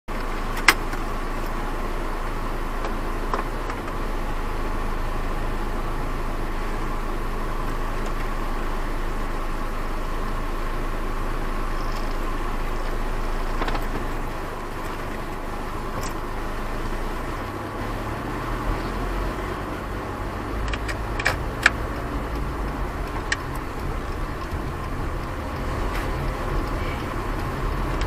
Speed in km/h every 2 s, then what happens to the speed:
5, 4, 2, 2, 2, 3, 4, 2, 5, 11, 15, 17, 15, 12.
4-8 standing. 8-15 steady at about 2. 15-21 pulls away to 17. 21-28 steady at about 15.